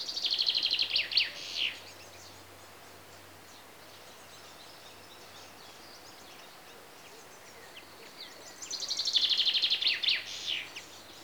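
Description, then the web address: Common chaffinch song heard twice, each a quick series of repeated notes sliding down into a flourish, separated by several seconds of near silence. Chaffinches recorded in Greece. "BBC Sound Effects Library Greece Birds (Chaffinches) And Insects"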